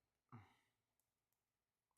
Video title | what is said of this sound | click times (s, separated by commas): Lets Open (Build) Some Toys Live Ep.7 | That one clicked right on. | 0.3 s